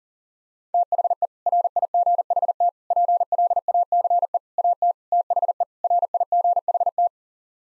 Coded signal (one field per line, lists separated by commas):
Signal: Morse code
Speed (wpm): 40 wpm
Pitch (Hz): 700 Hz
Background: none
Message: THE RIGHT PLACE AT THE RIGHT